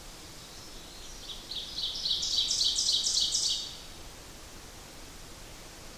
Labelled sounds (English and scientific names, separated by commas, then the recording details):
Ovenbird (Seiurus aurocapilla) song
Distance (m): 15 m
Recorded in boreal forest in Alberta, Canada, on 8 June 2016 at 06:44
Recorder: SongMeter 3, array SBT-3-9
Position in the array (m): 48 m, 103 m
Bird 33